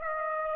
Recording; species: mosquito wingbeat signal from an infrared sensor; Aedes aegypti